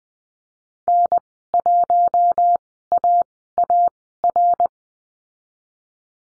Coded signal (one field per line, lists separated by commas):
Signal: Morse code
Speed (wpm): 20 wpm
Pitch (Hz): 700 Hz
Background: none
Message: N1AAR